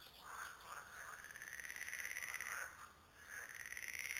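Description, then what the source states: Frogs calling in chorus, long rattling trills overlapping almost continuously. Several frogs recorded at Lüssow.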